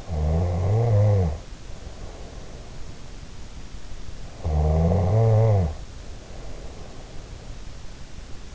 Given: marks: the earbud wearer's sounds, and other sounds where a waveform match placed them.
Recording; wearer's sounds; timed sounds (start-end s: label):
sounds in sleep by an in-ear microphone; snoring breath
0.00-2.68 s: snoring breath
4.46-7.66 s: snoring breath